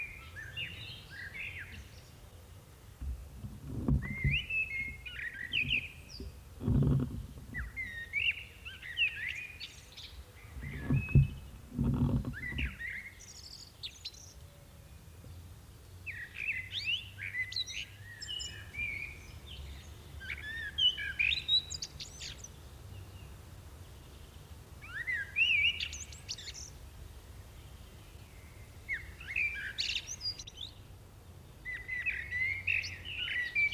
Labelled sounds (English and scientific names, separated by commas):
Common Blackbird (Turdus merula) song